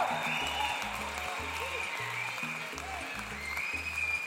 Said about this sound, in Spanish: Y me uno a los aplausos